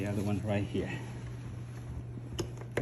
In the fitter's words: you should feel it click or snap together rather so it will be secure